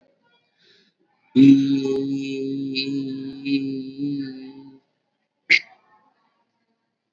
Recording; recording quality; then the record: sustained vowel as in beet; excellent, no background noise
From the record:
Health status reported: COVID-19 positive, mild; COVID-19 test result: positive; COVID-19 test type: RT-PCR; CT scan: not taken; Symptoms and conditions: cough, fever, fatigue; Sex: male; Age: 18 years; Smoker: no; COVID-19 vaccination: both doses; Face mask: worn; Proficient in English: yes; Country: India